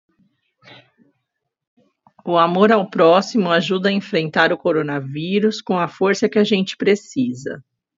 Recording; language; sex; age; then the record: spoken sentence; Brazilian Portuguese; female; 30 to 39 years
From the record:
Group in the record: control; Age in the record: 39 years